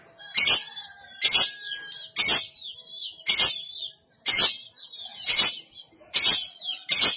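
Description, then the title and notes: Canary song, a loud sharp chirping burst with high twittering, repeated roughly once a second in a steady series. Indonesian master song of a champion canary. "Kenari Jawara. Master Burung Kenari"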